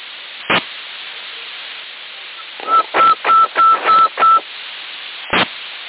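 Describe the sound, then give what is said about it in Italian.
Six quick, evenly spaced telephone dialing tones beep through a steady hiss of CB radio static in Sassari, Italy, as someone phones Portobello, with a sharp click before and after the sequence and no talking. “Stavo telefonando a Portobello.”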